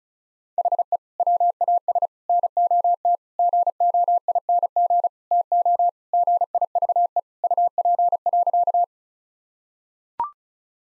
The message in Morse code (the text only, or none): HE WAS NOT GOING TO GIVE UP.